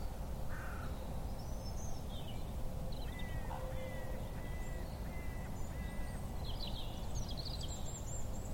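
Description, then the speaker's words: Common Raven croaking, a run of several short, flat notes at even intervals, with thin high bird notes over steady background noise. A pair croaking from the tops of oak trees on a cold, bright winter's day, affirming their pair bond for the coming breeding season; lowland farmland in rural Monmouthshire. "Ahead, a pair of ravens croak from the tops of oak trees, affirming their bond for the coming breeding season."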